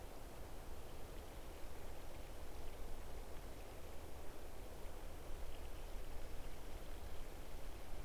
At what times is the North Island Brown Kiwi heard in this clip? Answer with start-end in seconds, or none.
none